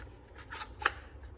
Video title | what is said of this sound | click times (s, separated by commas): Cordless Tools with Dead Batteries? Here’s How to Fix it for CHEAP! | Snaps right into place and connects as it should. | 0.9 s